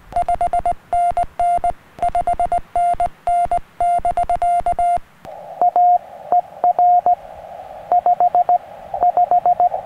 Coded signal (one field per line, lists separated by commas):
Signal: Morse code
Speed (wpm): 16 wpm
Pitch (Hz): 710 Hz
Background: radio noise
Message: 5NN 5NN<BK> A ER 5 5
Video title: Why my SOTA antenna is a linked dipole